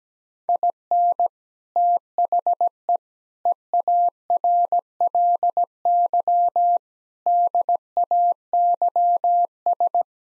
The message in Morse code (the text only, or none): IN THE EARLY DAYS